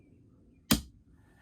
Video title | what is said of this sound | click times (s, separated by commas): Geo Pro Mods - Cabinet Door Modification 19FBS | there's a little adjustment you can slide it in and out and basically that way when you shut the door you'll hear it click | 0.7 s